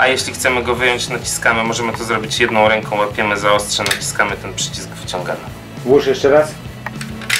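Someone talks while handling a TAJIMA retractable snap-off blade utility knife with a slider at its plastic belt holster, pressing the release button and pulling the knife out by the blade with one hand before it is pushed back in. The clip ends before the knife latches into the holster, so nothing has seated or clicked yet.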